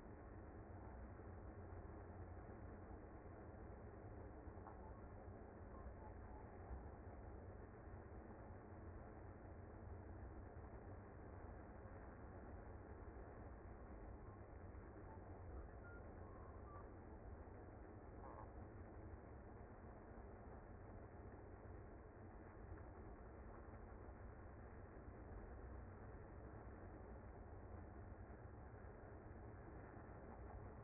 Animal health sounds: honeybee colony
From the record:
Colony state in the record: active

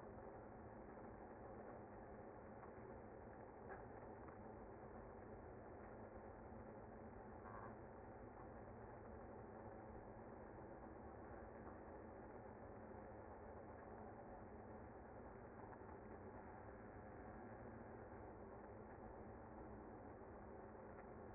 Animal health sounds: honeybee colony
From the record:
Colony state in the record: active

